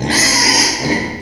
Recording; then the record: squeal of a Yucatan mini pig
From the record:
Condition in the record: before surgery on the right vocal fold (resection and tissue-engineered implant); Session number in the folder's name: 2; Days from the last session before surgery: 0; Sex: male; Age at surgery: 12 weeks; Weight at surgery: 13 kg